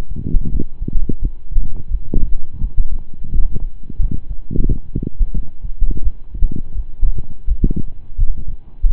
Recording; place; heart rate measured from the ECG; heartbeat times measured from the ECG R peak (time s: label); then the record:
heart sounds by stethoscope; between the tricuspid and mitral areas; 86 bpm
0.49 s: heartbeat
1.19 s: heartbeat
1.88 s: heartbeat
2.59 s: heartbeat
3.30 s: heartbeat
3.98 s: heartbeat
4.65 s: heartbeat
5.32 s: heartbeat
6.01 s: heartbeat
6.73 s: heartbeat
7.45 s: heartbeat
8.16 s: heartbeat
8.87 s: heartbeat
From the record:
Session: slow and fast walking with breaks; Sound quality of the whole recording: saturated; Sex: male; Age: 25 years